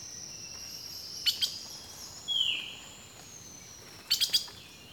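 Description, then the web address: Birds calling with clustered sharp high chips and one slurred whistle. Rainforest birdsong. "The Natural Sounds of the Wilderness Echoes of Nature - Rainforest Birdsong"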